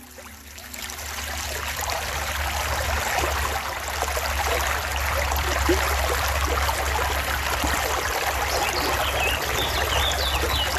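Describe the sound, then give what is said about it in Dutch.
A steady, continuous trickle of water running over stones in a well-filled stream in the Netherlands, a dense bubbling wash spread across mid and high tones with a low rumble underneath, a dunnock singing through it, and no voices. “Sneerlands beken en rivieren zijn inmiddels goed gevuld.”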